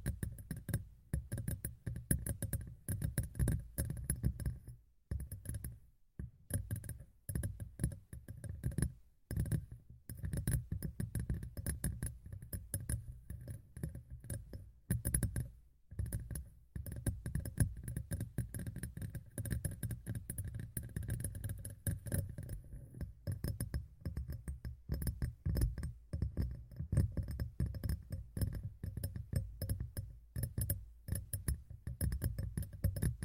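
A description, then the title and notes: ASMR tapping in a rapid, busy stream of soft knocks with a deep, thumping body and light clicky edges. The taps run almost without a break, pausing briefly around 5, 9 and 15 seconds before carrying on at a steady pace. ASMR Tapping in Your Ear (No Talking).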